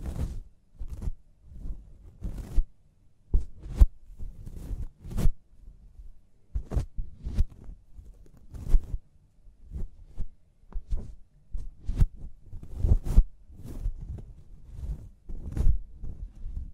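Scalp massage and hair wash sounds: soft, muffled rubbing and thumping strokes that come every half second or so in an uneven rhythm. Some strokes carry a brief crisp, scratchy edge, and short quiet gaps separate the movements.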